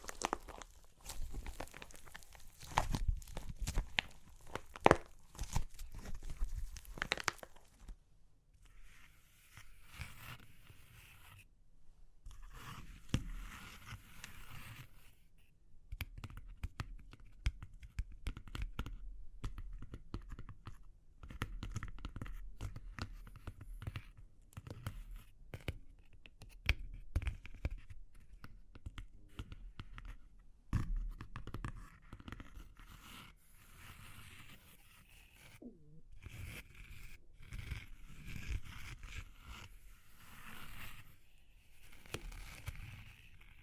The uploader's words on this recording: Super Crunchy Clay Cracking (No Talking).